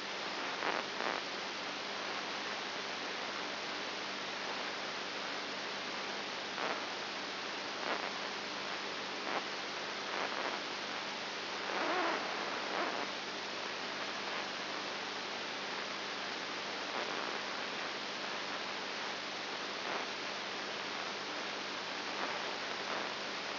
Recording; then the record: brain microelectrode recording played as sound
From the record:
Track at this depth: inside the subthalamic nucleus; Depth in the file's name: 5.7 mm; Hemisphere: right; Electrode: 2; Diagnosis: Parkinson's disease